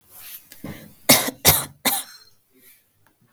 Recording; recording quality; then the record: shallow voluntary cough; excellent, no background noise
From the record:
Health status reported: healthy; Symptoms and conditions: breathing difficulty, sore throat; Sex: female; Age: 21 years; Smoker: no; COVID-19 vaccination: both doses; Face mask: not worn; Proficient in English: yes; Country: India